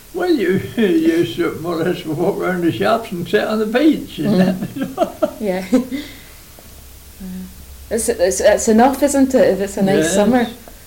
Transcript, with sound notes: Well you used to more or less walk round the shops and sit on the beach! [laughs]
Mhm. Yeah. [laughs] It's enough, isn't it? If it's a nice summer.